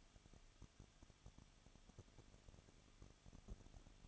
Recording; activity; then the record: daily activity, microphone in the room; no activity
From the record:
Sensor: 4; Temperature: 23.1 degrees Celsius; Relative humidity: 34.7%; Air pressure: 1007.2 hPa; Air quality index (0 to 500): 214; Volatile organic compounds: 15 ppm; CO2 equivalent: 2483 ppm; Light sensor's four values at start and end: 2/3/1/1 and 2/3/1/1